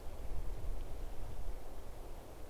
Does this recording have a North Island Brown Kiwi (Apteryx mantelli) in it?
no